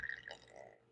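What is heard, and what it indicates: A faint, brief gurgle lasting under a second, with bubbling, liquid-sounding pitch shifts and no speech over it. This is stomach growling (borborygmi) from an adult, the ordinary sound of gas and fluid moving through the gut.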